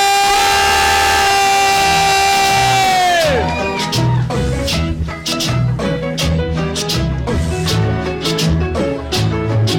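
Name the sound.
audience shouting and cheering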